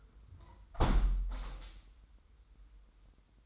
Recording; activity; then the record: daily activity, microphone in the room; close window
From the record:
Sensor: 3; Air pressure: 990.4 hPa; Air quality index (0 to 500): 180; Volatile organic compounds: 1000 ppm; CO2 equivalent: 5843 ppm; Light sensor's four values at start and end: 33/78/31/29 and 34/80/32/30